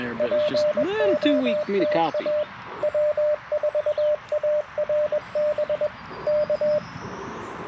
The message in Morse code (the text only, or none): POTA W4ARB K